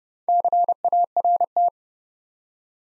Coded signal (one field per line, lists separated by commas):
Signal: Morse code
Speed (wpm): 30 wpm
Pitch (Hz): 700 Hz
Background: none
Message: CART